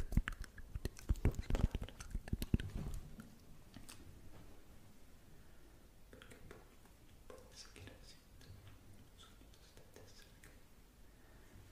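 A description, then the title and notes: Wet mouth sounds and clicks cluster densely in the first three seconds, then fade into sparse, quiet smacks and soft breathy hiss. Mouth Sounds.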